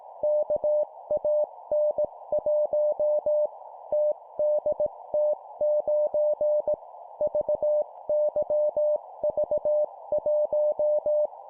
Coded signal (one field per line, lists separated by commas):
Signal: Morse code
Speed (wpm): 18 wpm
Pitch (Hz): 600 Hz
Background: none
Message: KAN1 TDT9 VYV1